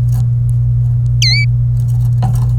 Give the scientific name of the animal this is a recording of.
Serinus canaria